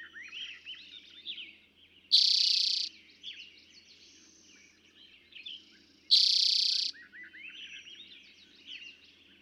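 Eastern towhee song: two loud, rapid, buzzy trills about four seconds apart, with faint chirps and whistles between them.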